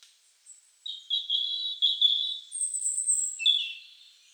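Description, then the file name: European robin song phrases, thin high whistled notes with fast warbling trills, one sweet strand followed by higher and lower twittering notes over about three and a half seconds. "Erithacus rubecula"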